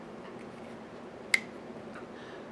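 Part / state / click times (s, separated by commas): multitool handle into its locking mechanism / seated / 1.3 s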